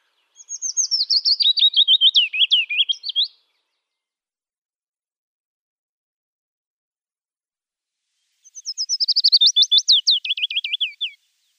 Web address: Schulze Peter Willow Warbler song